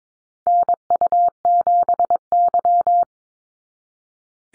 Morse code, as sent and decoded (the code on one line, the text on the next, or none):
-. ..- --... -.--
NU7Y